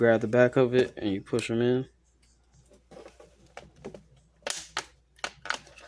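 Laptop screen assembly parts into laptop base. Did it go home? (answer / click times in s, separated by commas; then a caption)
yes / 3.6 s, 4.8 s, 5.2 s, 5.5 s. Someone talks, then grabs the back of a replacement Chromebook screen assembly and pushes its parts, facing up, into the laptop base. Sharp plastic clip snaps are heard at 3.6, 4.8, 5.2 and 5.5 seconds as the clips seat in the base.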